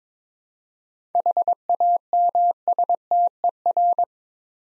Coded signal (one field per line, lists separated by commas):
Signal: Morse code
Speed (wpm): 22 wpm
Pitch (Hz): 700 Hz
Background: none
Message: HAMSTER